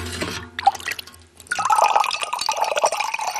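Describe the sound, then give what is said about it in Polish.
Overly fizzy, too-sweet beer is poured away in a steady, splashing gurgle that starts after a brief lull and keeps running, with bright bubbly fizz over a low churning stream. “Oj, gazu za dużo. Zbyt słodkie. Trzeba wylać albo świniom dać.”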